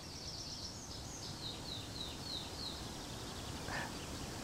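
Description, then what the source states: Tree Pipit song: a faint series of thin, high whistled notes repeated in quick succession, each dropping slightly in pitch, over a steady background hiss. Heard live on an esker in Emådalen, eastern Småland; drawn-out, strange whistling tones given in song flight as the bird descends, likened to a slide whistle.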